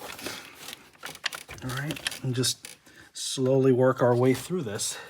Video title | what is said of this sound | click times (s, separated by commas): 2019 Ford Escape 1.5L EcoBoost: Replacing the Vapor Canister Purge Valve (short format video) | once it locks into place I'll go ahead and lock that green tab in | 1.3 s